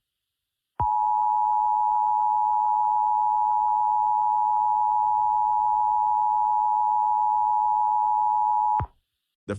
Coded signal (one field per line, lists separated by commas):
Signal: Emergency Alert System (SAME) tones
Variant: 853 and 960 Hz attention tone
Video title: (Analog Horror) EAS Short Scenario 30 - Fungus Infection Outbreak